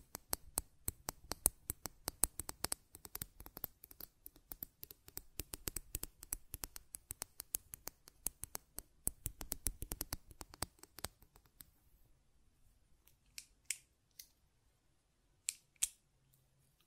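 Buttons being clicked and tapped in a fast, dense run of sharp, crisp clicks for about the first twelve seconds. After that the pace drops to a few scattered, softer taps, near thirteen, fourteen and sixteen seconds, with quiet between them.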